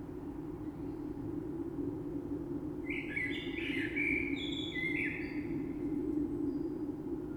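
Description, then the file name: Common blackbird song: a mellow warbled phrase in the middle, ending in a higher squeaky twitter, over a steady low hum. Recorded 3 March 2020. "Rush Merle"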